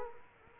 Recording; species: mosquito wingbeat signal from an infrared sensor; Culex quinquefasciatus